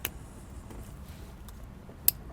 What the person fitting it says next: you hear it click